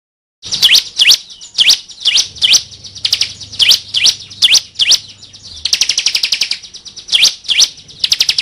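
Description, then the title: Bar-winged prinia song: sharp, high chirps with quick downward sweeps repeated in quick succession, then a rapid buzzy trill midway before the chirps resume, over a faint low hum. Training song from 2019 combining the semi and crystal (kristal) song styles. "Masteran 2019 Cisem Ciblek Semi Dan Cikris Ciblek Kristal"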